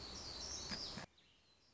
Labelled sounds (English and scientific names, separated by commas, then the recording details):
Black-throated Gray Warbler (Setophaga nigrescens)
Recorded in Sonoma County, California